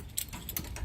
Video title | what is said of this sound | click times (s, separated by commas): Putting English Strirrups on a Saddle | make sure it clicks so it's nice and tight | 0.2 s